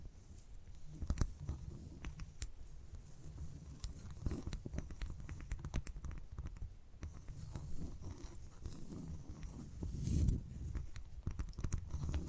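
Gentle tapping with soft, irregular clicks and taps falling densely throughout, some crisp and bright, others dull. A low, rustling scratch runs underneath, with brief scraping passages. The sound swells slightly louder around the ten-second mark before easing back.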